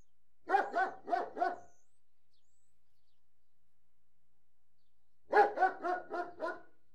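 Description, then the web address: German Shepherd barking in two bursts of four or five hearty barks, with a long silent pause of about three and a half seconds between them. Large dog barking indoors. "BBC Sound Effects Library. Large Alsatian - Barking"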